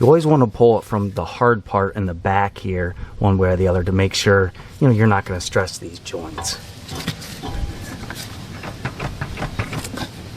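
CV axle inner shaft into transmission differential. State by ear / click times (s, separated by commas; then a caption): not seated / none. A CV axle inner shaft is being handled at the transmission differential of a GM 3.6 (2010–2016 Buick LaCrosse, Cadillac XTS, Chevy Impala or Malibu) while someone talks for the first six seconds. After that come low handling and shuffling noises with a few short knocks near 8.1, 9.0, 9.2 and 9.7 seconds. Nothing has seated or clicked yet.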